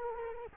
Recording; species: mosquito wingbeat signal from an infrared sensor; Culex quinquefasciatus